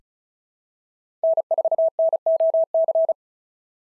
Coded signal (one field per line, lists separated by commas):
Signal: Morse code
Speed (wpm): 34 wpm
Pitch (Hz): 650 Hz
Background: none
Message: N4NOC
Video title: SOTA QSO Practice 35wpm